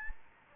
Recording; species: mosquito wingbeat signal from an infrared sensor; Anopheles gambiae